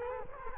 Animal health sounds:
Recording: mosquito wingbeat signal from an infrared sensor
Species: Culex quinquefasciatus

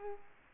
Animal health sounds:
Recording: mosquito wingbeat signal from an infrared sensor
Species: Culex quinquefasciatus

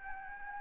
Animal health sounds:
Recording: mosquito wingbeat signal from an infrared sensor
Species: Anopheles gambiae

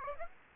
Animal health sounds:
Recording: mosquito wingbeat signal from an infrared sensor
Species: Aedes aegypti

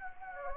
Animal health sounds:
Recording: mosquito wingbeat signal from an infrared sensor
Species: Anopheles gambiae

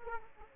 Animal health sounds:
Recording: mosquito wingbeat signal from an infrared sensor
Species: Aedes aegypti

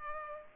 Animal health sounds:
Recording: mosquito wingbeat signal from an infrared sensor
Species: Culex pipiens

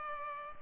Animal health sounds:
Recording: mosquito wingbeat signal from an infrared sensor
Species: Culex pipiens

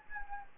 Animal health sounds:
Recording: mosquito wingbeat signal from an infrared sensor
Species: Anopheles gambiae

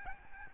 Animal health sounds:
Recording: mosquito wingbeat signal from an infrared sensor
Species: Aedes albopictus

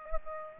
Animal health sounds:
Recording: mosquito wingbeat signal from an infrared sensor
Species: Aedes aegypti

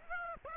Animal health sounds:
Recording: mosquito wingbeat signal from an infrared sensor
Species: Aedes aegypti

